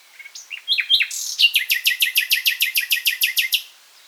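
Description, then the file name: Common nightingale song: a few brief introductory notes followed by a fast, regular trill of around fifteen repeated sharp notes lasting over two seconds. "Luscinia megarhynchos"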